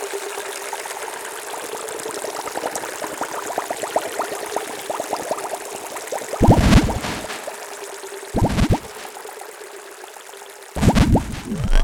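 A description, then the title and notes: Synthetic water bubbles and drips in a dense, busy patter of small pops that stays bright and fairly steady. Louder splashing rushes break in three times, around six and a half seconds, near eight and a half, and again just before the end. Bubbling, dripping, splashing and rushing synthetic water sound effects, textures and background ambiences.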